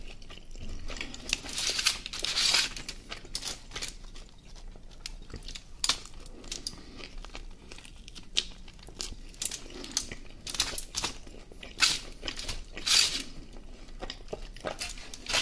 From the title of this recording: ASMR Food Döner & Coca Cola